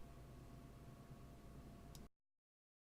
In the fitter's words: make sure that the Black cover snaps in place properly